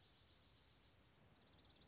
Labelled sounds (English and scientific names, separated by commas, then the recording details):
Dark-eyed Junco (Junco hyemalis)
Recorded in Sonoma County, California